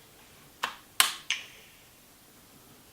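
The second detachable controller of a Nintendo Switch is slid onto the opposite side rail of the handheld console and locks into place with a sharp click at 1.0 s. Softer short clicks are heard at about 0.6 s and 1.3 s, and the controller ends up seated on the console.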